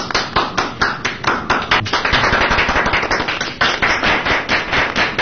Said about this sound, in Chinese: 鼓掌。